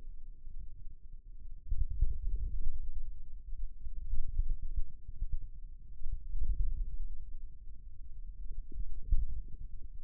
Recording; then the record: forearm muscle sounds (acoustic myography)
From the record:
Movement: inward rotation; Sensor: system 2, bracelet of six BSWA MPA416 microphones around the upper forearm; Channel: 3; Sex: male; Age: 22 years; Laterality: right